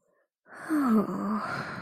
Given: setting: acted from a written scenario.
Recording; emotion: vocal sound without words; serenity